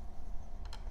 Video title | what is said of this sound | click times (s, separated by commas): Quiizlab Mac Mini and Studio HDD / USB Hub | you know snaps into place there that's it you just line it up push it down and it's got the little | 0.6 s, 0.7 s